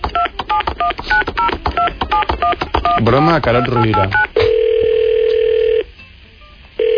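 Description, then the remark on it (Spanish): A quick run of touch-tone keypad beeps dials a number for a prank phone call, broken briefly by a spoken voice, then a long steady telephone tone hums before a pause and one more short tone. “Déjame, lo llamo.”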